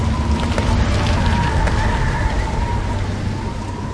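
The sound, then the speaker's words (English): Steady, heavy rain hisses loudly throughout, with a deep, continuous rumble of thunder rolling underneath. No voices are heard. “And the thunder and the hail ceased, and the rain was not poured on the earth.”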